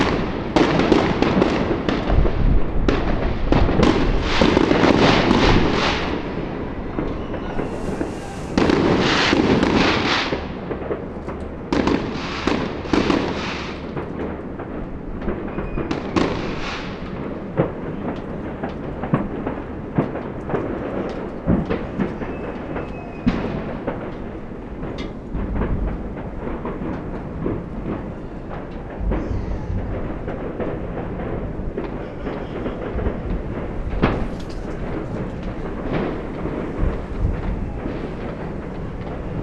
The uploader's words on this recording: Moments after midnight on New Year’s Eve 2023, London, UK – by Joe Harvey-Whyte. Recorded using DPA 4060 matched pair.